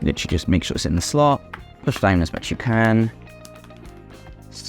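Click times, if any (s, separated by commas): 3.5 s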